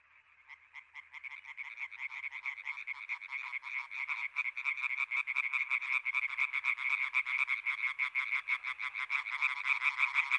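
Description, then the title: Many European tree frogs croaking together, the rapid, raspy pulses swelling from a softer start into a loud, steady chorus. Recorded 21 May 1993 at the Marguilliers pond in Sologne, France, an hour after nightfall, during intense calling activity of many tree frogs. "Choeur de rainettes en Sologne"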